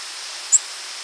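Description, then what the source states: Nashville warbler call: one short, sharp, very high chip note midway, over a steady soft hiss. Recorded in Michigan.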